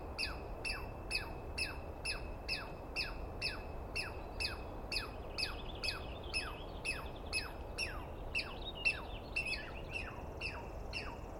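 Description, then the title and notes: Douglas squirrel calling in a long, even series of sharp, falling squeals, roughly two per second. Heard at dawn on the morning of 21 April 2017 in the East Cascades, screaming and calling for a good while after startling the recordist awake; identified by sound, not clearly seen. "Interview With The Chipmunk. On the morning of 21 April, 2017, I set up my microphones and recorder for a nice dawn recording in the East Cascades. I was started awake by a screaming Douglas Pine Squirrel"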